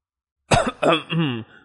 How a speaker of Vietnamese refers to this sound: Huyết Bào Nhân nghe vậy thì ho nhẹ một tiếng, có chút xấu hổ nói.